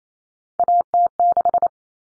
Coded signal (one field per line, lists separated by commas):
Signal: Morse code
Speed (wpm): 28 wpm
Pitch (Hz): 700 Hz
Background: none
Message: AT6